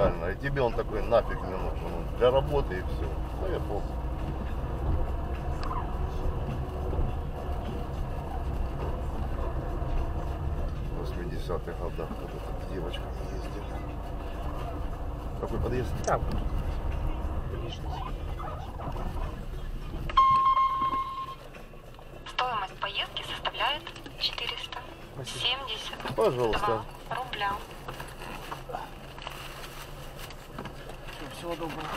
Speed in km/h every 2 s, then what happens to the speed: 10, 12, 10, 13, 10, 9, 11, 9, 10, 8, 4, 4, 2, 0, 0, 0.
0-17 steady at about 10. 17-23 slows to 2. 23-32 standing.